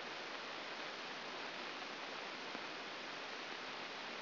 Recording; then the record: brain microelectrode recording played as sound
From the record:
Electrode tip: outside the subthalamic nucleus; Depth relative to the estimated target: -2.5 mm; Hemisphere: left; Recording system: AlphaMap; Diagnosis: Parkinson's disease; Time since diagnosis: 9 years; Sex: male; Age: 53 years